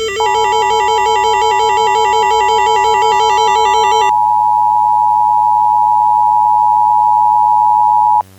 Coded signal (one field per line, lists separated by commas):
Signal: Emergency Alert System (SAME) tones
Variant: 853 and 960 Hz attention tone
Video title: EAS Mockup - Failed Delivery